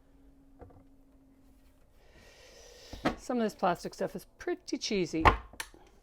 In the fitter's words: click okay heard click